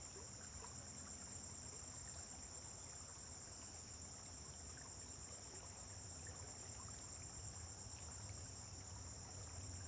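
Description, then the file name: Steady, shrill cricket trilling holds through the whole stretch, layered over a deeper rumbling drone that swells slightly at times. Recorded at dawn on a farm, with vehicles passing on a distant road. "Amanhecer na fazenda com grilos veiculos passando em estrada longe"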